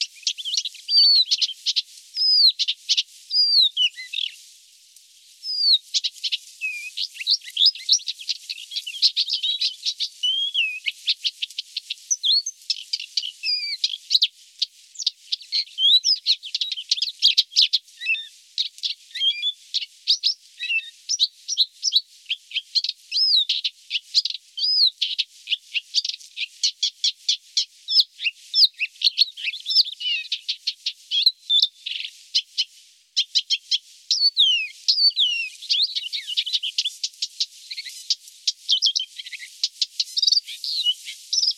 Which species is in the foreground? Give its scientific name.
Acrocephalus dumetorum